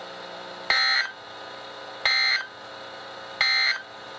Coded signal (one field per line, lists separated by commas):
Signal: Emergency Alert System (SAME) tones